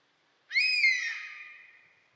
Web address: European Honey Buzzard. صدای-سارگپه-جنگلی